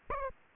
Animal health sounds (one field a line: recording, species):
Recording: mosquito wingbeat signal from an infrared sensor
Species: Aedes albopictus